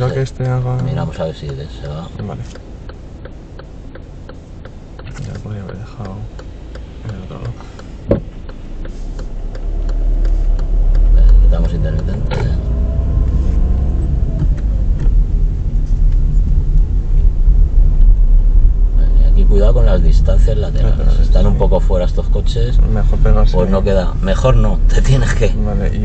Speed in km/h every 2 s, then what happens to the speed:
0, 1, 0, 0, 0, 7, 18, 16, 15, 18, 18, 17, 16.
0-9 standing. 9-12 pulls away to 18. 12-26 steady at about 17.